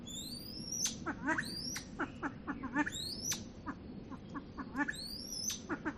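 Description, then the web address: Silver pheasant calling with quick, irregular clucks mixed with high, upward-sweeping whistled notes against a noisy background. "kvasovets lophura-nycthemera-sound"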